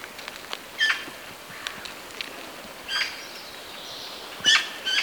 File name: Pica pica